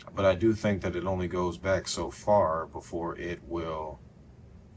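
The hinge of a Galaxy Z Fold 8 Ultra in Graphite is being handled in flex mode and eased back toward its flat open stop while a man talks. His voice fills the first four seconds, then only a faint, steady background remains. Nothing has seated or clicked yet; the hinge has not snapped into its open position.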